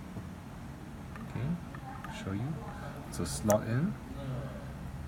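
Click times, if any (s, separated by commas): none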